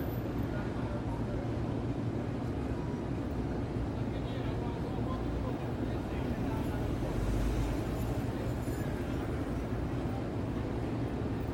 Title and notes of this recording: Open Window New York City Soundscape at Night. This recording features sirens, construction, people, traffic sounds, and more.